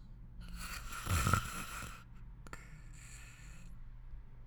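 A single noisy inward breath from an adult sleeper, with a brief low, fluttering rumble at its peak, followed by a soft click and a quieter second breath. This is snoring, caused by vibration of the soft tissues of the upper airway during sleep.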